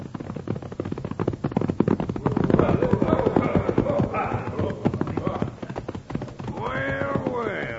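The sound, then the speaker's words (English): Horse hooves clop in a rapid, loud, irregular patter as riders pull up, one horse named Joker, with voice-like calls rising over the hoofbeats toward the end. “Pull up here. Whoa, oh, easy, Joker.”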